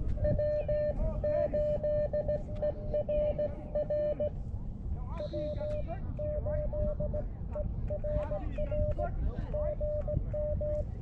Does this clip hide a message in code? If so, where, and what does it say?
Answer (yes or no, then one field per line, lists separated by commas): yes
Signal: Morse code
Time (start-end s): 0.2-10.8 s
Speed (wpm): 18 wpm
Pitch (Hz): 600 Hz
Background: speech, radio noise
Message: W8ERR W8ERR GM